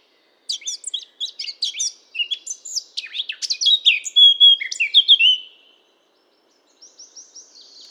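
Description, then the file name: Eurasian blackcap song: a fast scratchy chattering warble that swells into louder, clearer fluted phrases, fading out, followed by a few faint high notes. "Sylvia atricapilla"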